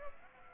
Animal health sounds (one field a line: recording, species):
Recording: mosquito wingbeat signal from an infrared sensor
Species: Culex pipiens